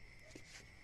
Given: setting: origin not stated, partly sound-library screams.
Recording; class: one-second piece from a danger detection set; normal situation